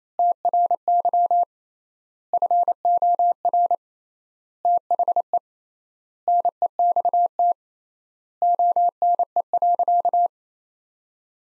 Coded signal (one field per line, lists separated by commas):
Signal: Morse code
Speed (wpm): 28 wpm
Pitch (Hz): 700 Hz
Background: none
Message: TRY FOR THE NEXT ONE.